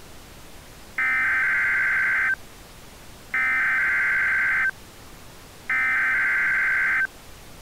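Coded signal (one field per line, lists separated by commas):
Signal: Emergency Alert System (SAME) tones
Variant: header bursts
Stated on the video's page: Fictional EAS scenario, a simulated alert.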